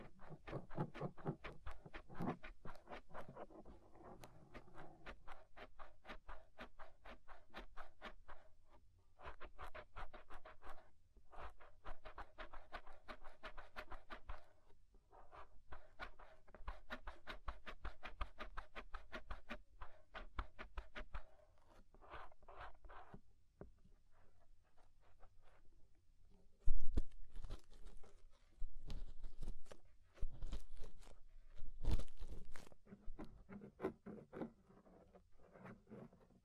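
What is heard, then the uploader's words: Inner and outer ear scraping: dense, rapid scratchy strokes run almost continuously, crackling like pen on paper or crunching. The texture stays busy and fairly even for most of the clip, with short pauses near 9, 11 and 15 seconds, then louder, harsher bursts from about 27 seconds on. Inner and Outer Ear Scraping (No Talking).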